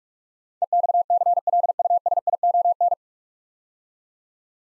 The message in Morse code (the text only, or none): EXCLUSION